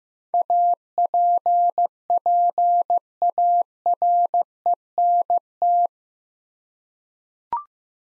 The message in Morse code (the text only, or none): APPARENT